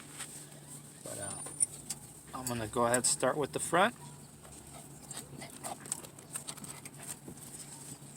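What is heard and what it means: A metal clip on a front brake pad is being handled at the front caliper bracket of a 2018 Grand Caravan GT minivan while someone talks, with small handling taps and rattles. Nothing has seated or clicked into place yet.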